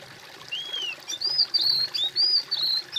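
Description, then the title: Bird delivering a whistled song, an arching opening note then several strong, sweet high whistles in quick succession, with faint hiss in the background. "kOMPILASI suara bird"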